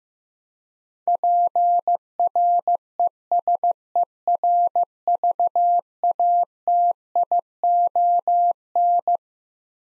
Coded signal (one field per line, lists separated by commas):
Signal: Morse code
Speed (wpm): 15 wpm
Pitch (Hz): 700 Hz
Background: none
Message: PRESERVATION